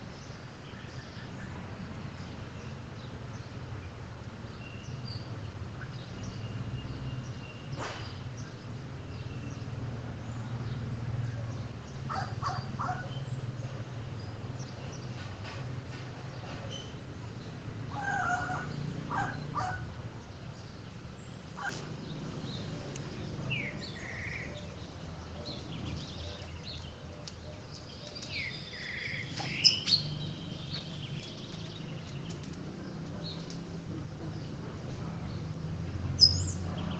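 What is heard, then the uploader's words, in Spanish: Birds calling in a backyard, with scattered chirps and short whistled phrases coming every few seconds over a steady low rumble of outdoor background noise. A brighter, swooping bird call stands out near the end, around half a minute in, along with a couple of sharp clicks. Ruth Almada comparte con la audiencia global el sonido de los pájaros en su patio de Santa Rosa Misiones.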